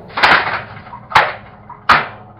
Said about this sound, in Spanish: Con una carcajada llena de desprecio, pasó rápidamente por la puerta y oímos que el oxidado cerrojo era corrido cuando cerró la puerta tras él.